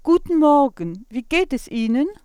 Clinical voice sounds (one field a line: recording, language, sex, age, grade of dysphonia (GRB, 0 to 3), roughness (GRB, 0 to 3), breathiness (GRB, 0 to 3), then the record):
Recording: spoken sentence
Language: German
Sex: female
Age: 60 to 69 years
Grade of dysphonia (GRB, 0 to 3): 2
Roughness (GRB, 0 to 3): 0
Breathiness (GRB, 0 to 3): 0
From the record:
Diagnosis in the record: functional dysphonia, presbyphonia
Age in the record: 66 years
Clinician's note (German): Funktionelle Dysphonie + Vox senilis